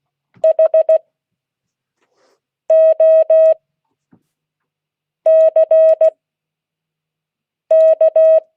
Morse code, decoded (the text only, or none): HOCK